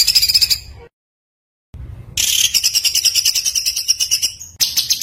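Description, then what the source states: White-eye song in bursts: a high twittering phrase, a silent gap, then a long dense high chatter of rapid notes that breaks off abruptly. Continuously singing (gacor) white-eye, in a masteran recording with full tembakan bursts.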